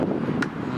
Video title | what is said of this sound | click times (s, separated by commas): NEW SPARK PLUGS - Wagon Wednesdays Ep.1 | the white one made it click so once you put those two in there | 0.4 s